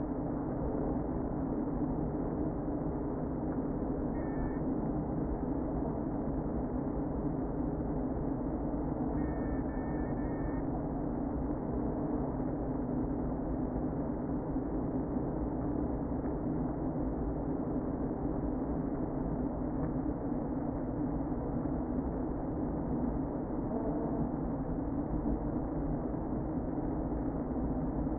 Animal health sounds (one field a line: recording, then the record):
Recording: honeybee colony, microphone inside the hive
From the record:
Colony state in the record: queen present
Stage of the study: before two queens were removed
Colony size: about 60,000 bees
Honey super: yes